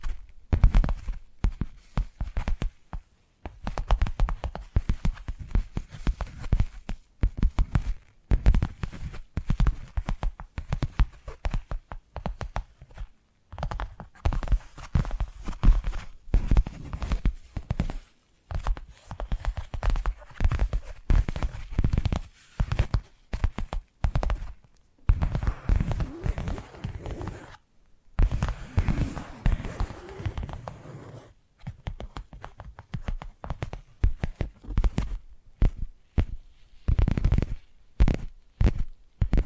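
Fast, dense tapping runs in uneven bursts with short silent gaps throughout, each tap thudding low with a faint scratchy edge.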